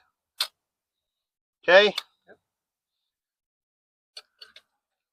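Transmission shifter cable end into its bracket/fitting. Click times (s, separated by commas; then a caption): 0.4 s. A 700R4 transmission shifter cable end is hooked on and turned in its bracket fitting until it clicks into place, with one sharp click at 0.4 s. Someone then talks briefly, followed by a few faint small ticks near the end. The cable end is seated.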